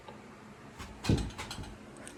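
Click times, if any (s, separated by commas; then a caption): none. On a 2024 KTM 300 XC-W fork cartridge install, a fork cartridge nut is pushed up into the metal fork cap collar, producing only a few light ticks as it hits against the collar. The nut has not seated in the collar yet.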